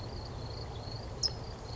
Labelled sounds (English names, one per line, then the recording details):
California Towhee
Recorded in Sonoma County, California